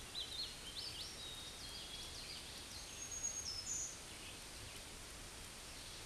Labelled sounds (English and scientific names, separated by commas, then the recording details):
Black-throated Green Warbler (Setophaga virens) song
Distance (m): 20 m
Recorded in a Pennsylvania forest on 18 May 2023 at 07:27
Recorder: AudioMoth, point grid1_30_low
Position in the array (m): 173 m, 61 m